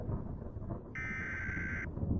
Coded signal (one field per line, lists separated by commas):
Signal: Emergency Alert System (SAME) tones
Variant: header bursts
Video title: SWEPT AWAY (EAS Scenario)